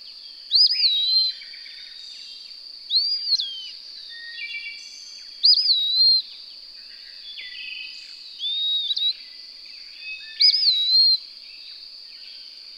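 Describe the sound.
Bird song: five whistled phrases, each a sharp upward sweep then a wavering fall, repeated at steady two-to-three-second intervals over a continuous high-pitched hum.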